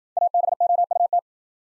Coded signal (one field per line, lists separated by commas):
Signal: Morse code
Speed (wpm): 53 wpm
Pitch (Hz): 700 Hz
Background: none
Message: ABOUT